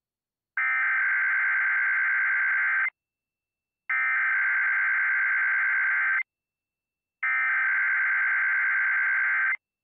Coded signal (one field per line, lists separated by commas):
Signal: Emergency Alert System (SAME) tones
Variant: header bursts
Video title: (EAS #68) | Indianapolis Tornado Watch on WHMB | 08/05/2023